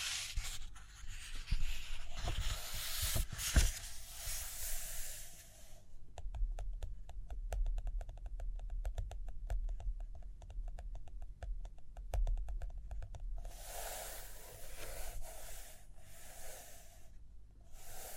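Paper rustles and rubs for the first six seconds, with a sharp tap near 3.5 seconds. Then comes a stretch of quick, irregular tapping clicks with low thuds until about 13 seconds, before the rubbing, scratchy paper sounds return to the end.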